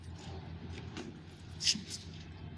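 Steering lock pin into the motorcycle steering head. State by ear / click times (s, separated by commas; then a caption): not seated / none. On a Honda SP 125 motorcycle, the ignition key is turned to lock the steering without pushing the handlebar. Faint taps at 0.8 s and 1.0 s and a brief brighter burst near 1.7 s sit over a steady low rumble. The metal steering lock pin does not engage in the steering head, and nothing has clicked into place yet.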